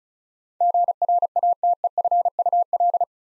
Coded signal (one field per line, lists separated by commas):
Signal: Morse code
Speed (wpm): 36 wpm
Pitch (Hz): 700 Hz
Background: none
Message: GRATEFUL